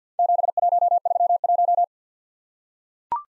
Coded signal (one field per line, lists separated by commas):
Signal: Morse code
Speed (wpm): 45 wpm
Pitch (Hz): 700 Hz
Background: none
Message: 7131